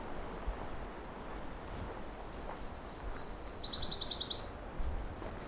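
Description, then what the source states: Nashville Warbler song: a high series of repeated two-part notes, then a faster lower trill of quick notes, loud and clear over quiet background. Very enthusiastic singing, heard while leaving a section of the Bruce Peninsula National Park.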